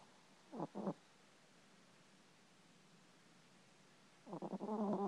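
Brief low, fluttering sounds from a cat, a pair then a quick series after a pause: snoring, which keeps coming back.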